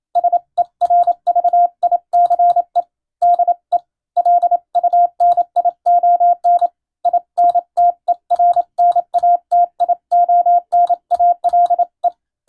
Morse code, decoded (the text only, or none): SERVICE DE LUNION INTERNATIONALE